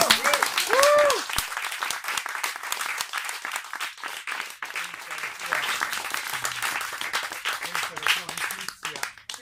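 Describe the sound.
A crowd applauds steadily for several seconds, a dense patter of many hands clapping at once, with a few indistinct voices and a brief raised call mixed in near the start.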